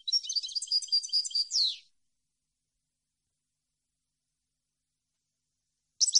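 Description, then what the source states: European goldfinch phrase of rapid high twittering ending in a falling buzzy note, followed by a long silence and the start of another phrase. Clean, noise-free goldfinch song issued on a CD, intended as a model for birds to copy.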